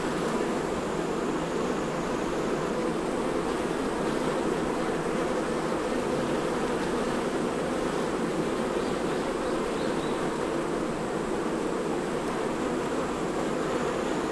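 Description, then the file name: Bees humming at a hive, a dense, steady droning buzz that carries on without a break from start to finish. At a beehive. "INSECT BEES HIVE LOOP"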